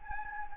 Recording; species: mosquito wingbeat signal from an infrared sensor; Anopheles gambiae